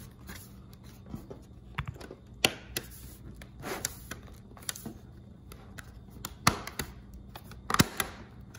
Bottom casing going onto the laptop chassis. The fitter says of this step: sure you apply pressure to all the sides you hear it click